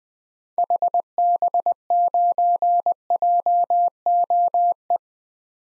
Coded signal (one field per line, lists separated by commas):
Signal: Morse code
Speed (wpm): 20 wpm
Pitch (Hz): 700 Hz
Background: none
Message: HB9JOE